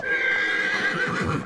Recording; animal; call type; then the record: contact call of a hoofed animal; horse; whinny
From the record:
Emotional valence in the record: negative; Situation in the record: group separation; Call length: 1.47 s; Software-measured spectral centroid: 2180 Hz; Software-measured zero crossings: 3020 a second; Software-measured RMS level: -24 dBFS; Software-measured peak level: -12 dBFS